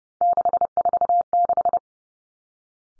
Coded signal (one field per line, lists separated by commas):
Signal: Morse code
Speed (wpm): 30 wpm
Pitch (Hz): 700 Hz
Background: none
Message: 646